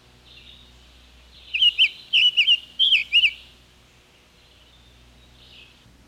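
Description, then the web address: Summer Tanager song: a short burst of slurred, burry whistled notes in three quick groups, then quiet with faint background hiss. "101 Bird Songs. Summer Tanager"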